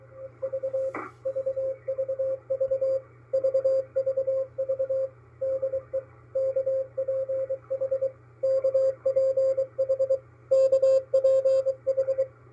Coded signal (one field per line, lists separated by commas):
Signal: Morse code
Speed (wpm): 23 wpm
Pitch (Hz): 530 Hz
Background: radio noise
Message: V VVV VVV DE KPH KPH KPH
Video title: KPH San Francisco - MALAHITEAM DSP-2 sdr receiver 3-26-2022